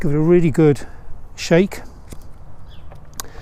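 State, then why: Seated. Someone talks for the first couple of seconds, then the inner button on the sponge applicator cap of a plastic Nikwax footwear cleaning-gel bottle is pressed down to break the seal. A few faint ticks lead up to a sharp, bright click at 3.2 s as the button clicks in and seats.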